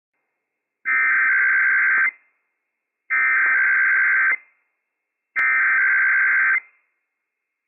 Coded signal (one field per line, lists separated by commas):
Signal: Emergency Alert System (SAME) tones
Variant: header bursts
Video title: IPAWS Required Weekly Test - WWF56 - EAS #208 - 11:00 AM PST 12/13/21